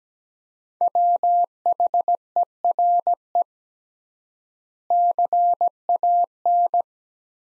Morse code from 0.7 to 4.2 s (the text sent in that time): WHERE